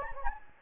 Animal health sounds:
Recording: mosquito wingbeat signal from an infrared sensor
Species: Anopheles gambiae

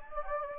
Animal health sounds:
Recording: mosquito wingbeat signal from an infrared sensor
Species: Anopheles gambiae

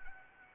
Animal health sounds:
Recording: mosquito wingbeat signal from an infrared sensor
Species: Anopheles arabiensis

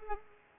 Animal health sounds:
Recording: mosquito wingbeat signal from an infrared sensor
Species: Culex pipiens

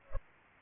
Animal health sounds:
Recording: mosquito wingbeat signal from an infrared sensor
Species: Culex pipiens

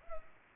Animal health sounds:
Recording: mosquito wingbeat signal from an infrared sensor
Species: Culex pipiens

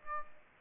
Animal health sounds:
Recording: mosquito wingbeat signal from an infrared sensor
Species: Aedes aegypti

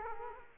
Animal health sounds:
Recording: mosquito wingbeat signal from an infrared sensor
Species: Culex quinquefasciatus

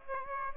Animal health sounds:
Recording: mosquito wingbeat signal from an infrared sensor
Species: Aedes aegypti

